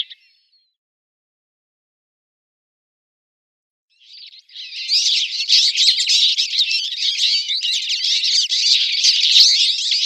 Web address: Schulze Peter Twite song